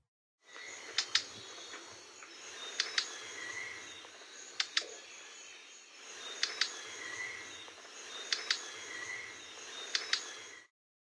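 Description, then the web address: Green kingfisher giving dry, sharp ticking clicks in pairs, repeated every couple of seconds over a steady background hiss. "Songs of Birds of North America Western USA Songbirds. Green Kingfisher"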